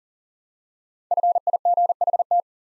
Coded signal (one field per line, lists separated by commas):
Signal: Morse code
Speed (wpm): 39 wpm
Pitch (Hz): 700 Hz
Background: none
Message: FIGHT